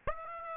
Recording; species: mosquito wingbeat signal from an infrared sensor; Aedes aegypti